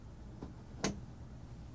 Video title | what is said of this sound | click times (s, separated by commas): Full Tutorial on a Small Business Office Network Rack Upgrade - How to Install Ubiquiti UniFi Gear | you heard that click and it's locked | 0.8 s